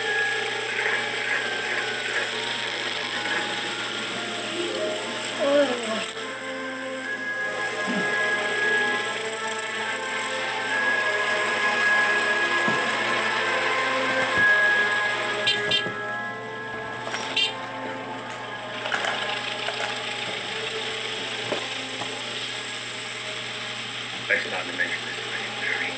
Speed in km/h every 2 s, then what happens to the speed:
7, 11, 7, 4, 8, 6, 5, 6, 6, 7, 8, 2, 1.
3-5 brakes to 4. 5-20 steady at about 6. 20-22 slows to 2. 22-26 standing.